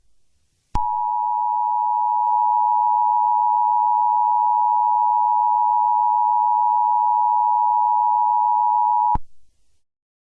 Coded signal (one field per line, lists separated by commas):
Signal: Emergency Alert System (SAME) tones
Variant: 853 and 960 Hz attention tone